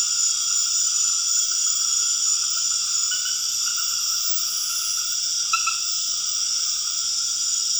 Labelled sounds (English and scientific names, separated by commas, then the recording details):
none
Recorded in dense forest near Puerto Asís, Putumayo, Colombia, on 4 March 2025 at 20:30
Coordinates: 0.481, -76.323
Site G088